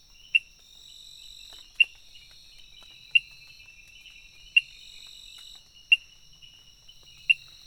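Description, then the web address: Frog calls as short, sharp clicks repeated about every one and a half seconds, over a steady high insect buzz. Recorded on 23 June 2018 between 18:00 and 20:00. "frog rec 18-20 20180623"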